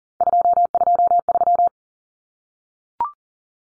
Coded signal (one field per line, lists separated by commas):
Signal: Morse code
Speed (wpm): 40 wpm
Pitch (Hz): 700 Hz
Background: none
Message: 223